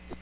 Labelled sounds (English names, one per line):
Magnolia Warbler flight call